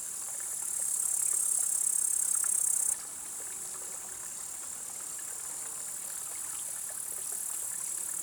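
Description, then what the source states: Upland green bush-cricket stridulation, a sharp high-pitched continuous trill swelling in loudness for about two seconds, then cutting off abruptly, leaving a quieter high hiss. Tettigonia cantans stridulating in an alpine pasture, Vallon de Combeau, Vercors, 7 August 2020 at 16:10; Nagra Seven recorder with B&K omni microphone.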